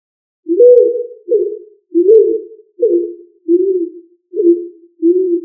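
Pigeon coo sequence: seven deep, rounded coos in close succession, some rising slightly at the start, delivered in an unbroken rhythmic run.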